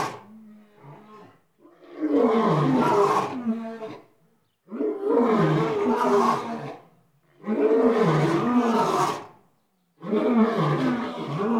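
Lion roaring in five long, deep, rasping bursts about every two to three seconds, the first quieter, with short quiet gaps between.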